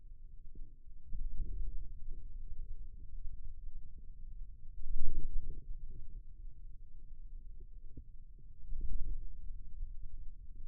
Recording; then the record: forearm muscle sounds (acoustic myography)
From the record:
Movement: wrist flexion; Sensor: system 2, bracelet of six BSWA MPA416 microphones around the upper forearm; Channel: 2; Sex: male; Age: 22 years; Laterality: right